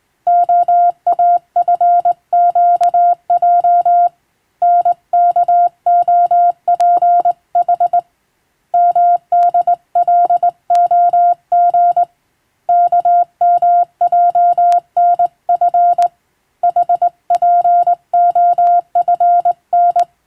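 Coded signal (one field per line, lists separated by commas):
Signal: Morse code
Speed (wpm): 20 wpm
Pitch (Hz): 700 Hz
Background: music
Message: OAFQJ NKOPH MDLOG KMJNF HPOFN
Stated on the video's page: Morse receiving practice for amateur radio, sent by a first-class radiotelegraph operator from a Latin-alphabet telegram sending practice book.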